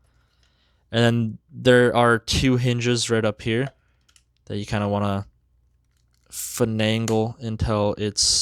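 Someone talks while working two small plastic hinges on the upper section of a Transformers '86 Studio Series 86-07 Slug transforming figure, finagling the hinged section toward its seat. Only a few faint ticks are heard between the words. Nothing has seated or clicked yet.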